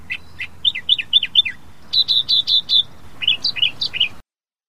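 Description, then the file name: Australian reed warbler singing loud, repeated phrases of sharp, slurred notes, each phrase type given several times before switching, ending abruptly. Bird song. "suara-kicauan-burung-kerakbasi-australia-3-omkicau"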